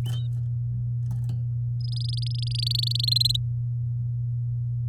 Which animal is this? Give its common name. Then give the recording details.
Domestic Canary. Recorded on 8 May 2018 at 10:39. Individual llb16